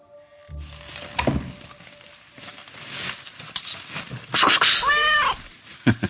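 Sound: cat meowing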